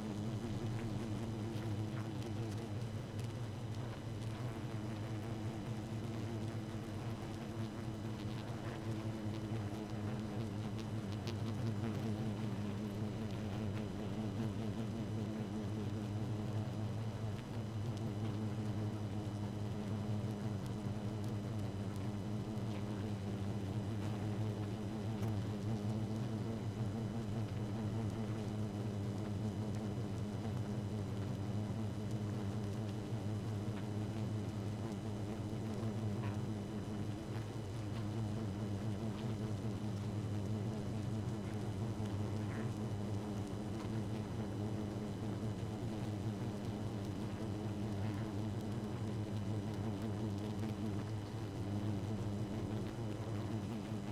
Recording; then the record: honeybee colony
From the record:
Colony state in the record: active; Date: 12 June 2018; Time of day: 0:17